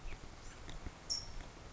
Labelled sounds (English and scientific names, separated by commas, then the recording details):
California Towhee (Melozone crissalis)
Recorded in Sonoma County, California